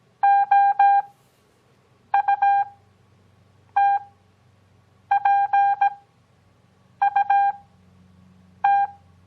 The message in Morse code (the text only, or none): OUTPUT